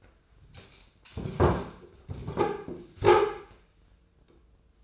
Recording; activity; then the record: daily activity, microphone in the room; sit down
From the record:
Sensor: 2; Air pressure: 995.8 hPa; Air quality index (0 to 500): 243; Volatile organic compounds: 1000 ppm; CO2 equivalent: 5982 ppm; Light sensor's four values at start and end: 25/59/26/29 and 27/66/29/32